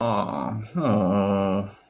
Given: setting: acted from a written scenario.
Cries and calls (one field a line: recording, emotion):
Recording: vocal sound without words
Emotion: guilt